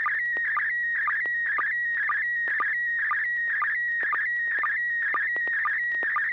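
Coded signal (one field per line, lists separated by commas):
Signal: SSTV (slow-scan television)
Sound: steady whistling tone that warbles and ticks about twice a second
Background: low hum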